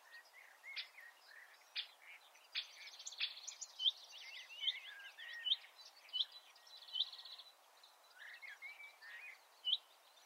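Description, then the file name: Marsh warbler song, a quieter run of scratchy chirps, short whistles and buzzy notes delivered in irregular bursts with brief pauses between phrases. "suara-kicauan-burung-marsh-warbler -omkicau"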